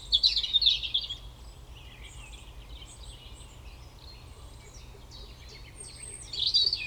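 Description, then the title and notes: European robin: a fast jingling trill-like phrase, a long quiet gap, then another bright tumbling phrase. Koniówka, Lesser Poland, Poland; Zoom F3 recorder with Usi Pro drop rig. "Koniówka, województwo małopolskie, Polska - Robin, King of the Petland. Recordist: Maciej Wirmański"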